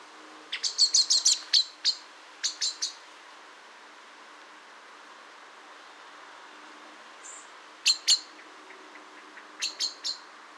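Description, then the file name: Common blackbird giving sharp, clicking chink notes in bursts: a quick run near the start, a few more shortly after, then more near eight and ten seconds, over a quiet background. "Turdus merula"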